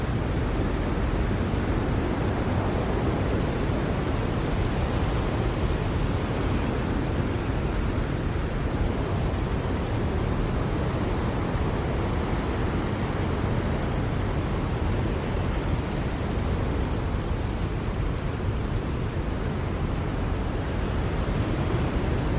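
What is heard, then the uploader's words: A blizzard roars in a steady, dense rush of wind, deep and rumbling below with a softer hiss above, never easing. Storm Sounds | Blizzard White Noise.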